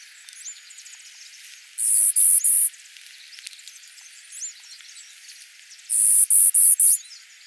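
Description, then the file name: Clay-colored sparrow giving very high, flat insect-like buzzes, three or four short buzzes in a row, repeated about every four seconds, with faint bird chatter beneath. "Spizella pallida - Clay-colored Sparrow"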